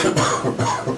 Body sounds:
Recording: coughing mixed with background sound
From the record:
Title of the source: Cough Around the Clock!

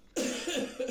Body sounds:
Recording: coughing mixed with background sound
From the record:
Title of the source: Spring Cold Coughing.

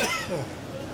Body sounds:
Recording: coughing mixed with background sound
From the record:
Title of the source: Dry Afternoon Cough

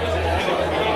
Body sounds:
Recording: background sound without coughing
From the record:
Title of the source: CITY SOUNDS Busy Bar in the Evening Night - 2 HOURS of Ambiance for Relaxation

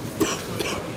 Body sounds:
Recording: coughing mixed with background sound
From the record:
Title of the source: 31 night wet cough

